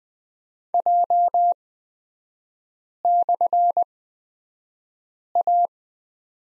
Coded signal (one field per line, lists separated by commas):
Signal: Morse code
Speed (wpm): 20 wpm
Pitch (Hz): 700 Hz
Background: none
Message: J/A